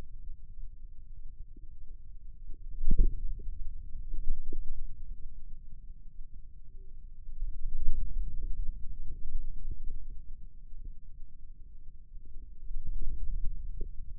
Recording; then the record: forearm muscle sounds (acoustic myography)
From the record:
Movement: radial deviation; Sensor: system 2, bracelet of six BSWA MPA416 microphones around the upper forearm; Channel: 6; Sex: female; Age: 25 years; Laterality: right